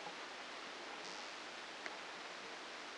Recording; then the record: brain microelectrode recording played as sound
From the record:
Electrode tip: outside the subthalamic nucleus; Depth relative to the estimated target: -6 mm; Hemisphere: left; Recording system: NeuroSet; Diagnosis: Parkinson's disease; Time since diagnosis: 9 years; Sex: female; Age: 51 years